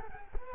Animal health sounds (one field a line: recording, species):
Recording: mosquito wingbeat signal from an infrared sensor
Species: Culex quinquefasciatus